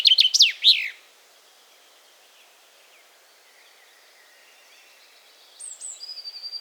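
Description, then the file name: Common chaffinch song ending: a quick burst of sharp descending notes lasting about a second, then quiet, followed by a few thin high notes at the close. "erdei pinty"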